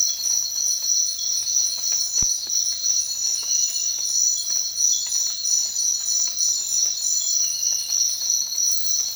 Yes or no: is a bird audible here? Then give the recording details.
no. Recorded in secondary vegetation near Puerto Asís, Putumayo, Colombia, on 19 March 2025 at 05:30. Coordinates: 0.499, -76.323. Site G094